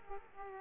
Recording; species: mosquito wingbeat signal from an infrared sensor; Aedes aegypti